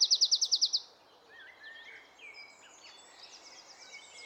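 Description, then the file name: Eurasian wren giving a short, loud, high trill of rapid notes lasting under a second, followed by faint twittering. "Troglodytes troglodytes"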